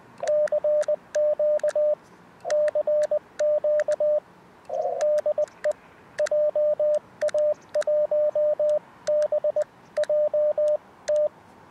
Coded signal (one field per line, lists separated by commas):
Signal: Morse code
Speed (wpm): 20 wpm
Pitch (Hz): 600 Hz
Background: radio noise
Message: CQ CQ DE JA1BJT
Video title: 10MHz CW 599BK +α QTH OP BURO 難しいところデコード付 初心者CW 河川敷でアンテナ調整 逆V型DP 河川敷シャック 2024/11/22 アマチュア無線 VLOG 570